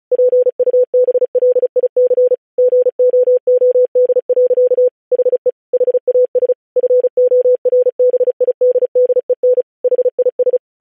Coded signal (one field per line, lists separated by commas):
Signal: Morse code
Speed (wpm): 36 wpm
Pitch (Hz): 500 Hz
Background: none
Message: PUBLIC GOOD. HE HAS FORBIDDEN HIS